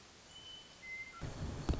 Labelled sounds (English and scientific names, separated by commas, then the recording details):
Western Meadowlark (Sturnella neglecta)
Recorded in Sonoma County, California